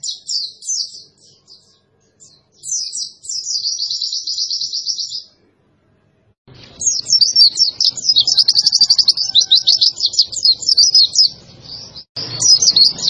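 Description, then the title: White-eye song, long rapid high-pitched trills and twitters, broken by pauses and one longer silence. White-eye (pleci) song used as a training recording (masteran) for cage birds, described as gacor, meaning continuous energetic singing. "Pleci Gacor 02. Masteran Burung PLECI Paling DICARI Untuk Cetak PRESTASI"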